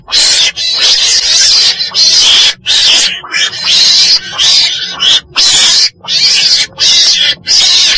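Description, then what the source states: Weasel giving raspy, high screeches in a series of bursts with brief pauses between them. Black weasel (chồn đen) calling.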